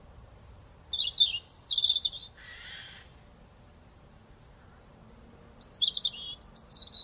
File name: Erithacus rubecula